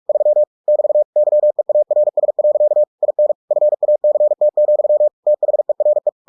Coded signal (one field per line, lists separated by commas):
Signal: Morse code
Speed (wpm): 46 wpm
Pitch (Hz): 600 Hz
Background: none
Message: 3 <BT> YEARS. IN FACT, THERE